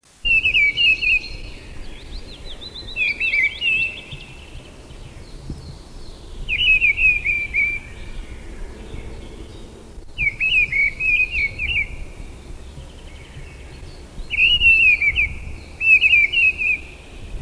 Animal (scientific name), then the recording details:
Turdus viscivorus. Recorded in the wild. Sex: male. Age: adult. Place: Mark (gemeindefreies Gebiet), Bayern, DE. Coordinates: 49.6367, 10.9561. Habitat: pond. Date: 1963-06-16. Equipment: Nagra, Vollspur. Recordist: Tretzel, Erwin